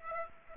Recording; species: mosquito wingbeat signal from an infrared sensor; Aedes aegypti